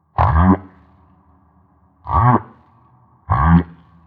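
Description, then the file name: Humpback whale song: three low, groaning pulsed units with a rough harmonic texture, each lasting about half a second and coming roughly every 1.5 seconds. Maui. "Humpback Whale - Maui Whale One"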